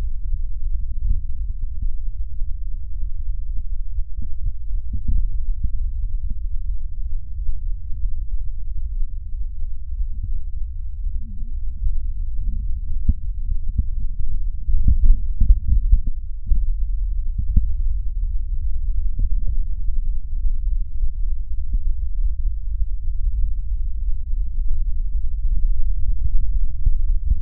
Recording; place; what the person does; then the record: lung sounds by stethoscope; right posterior apical chest; quiet breathing, then deep breathing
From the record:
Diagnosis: none (healthy); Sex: male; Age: 23 years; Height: 185 cm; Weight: 93 kg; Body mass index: 27.2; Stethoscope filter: bell mode